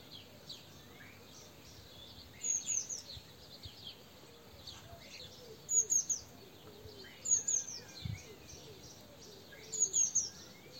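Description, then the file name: Eurasian blue tit giving brief high, sharp note clusters four times over about eight seconds, with faint other bird calls between them. "Cyanistes caeruleus"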